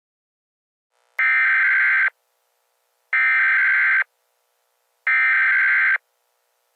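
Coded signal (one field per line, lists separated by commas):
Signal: Emergency Alert System (SAME) tones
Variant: header bursts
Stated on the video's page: Fictional EAS scenario, not a real alert.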